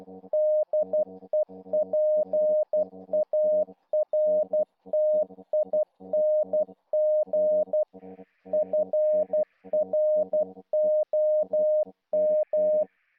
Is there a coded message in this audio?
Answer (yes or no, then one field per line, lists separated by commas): yes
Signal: Morse code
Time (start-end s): 0.3-12.8 s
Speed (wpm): 12 wpm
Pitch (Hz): 610 Hz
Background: music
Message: DEPARTING FROM